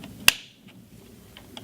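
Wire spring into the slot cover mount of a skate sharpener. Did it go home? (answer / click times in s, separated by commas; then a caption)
yes / 0.3 s. The shorter leg of the wire spring for a skate sharpener's protective slot cover is pushed in front into the slot cover mount and seats with a sharp, bright snap at 0.3 s. The snap fades quickly, and a few faint ticks follow near 1.4 s and 1.6 s.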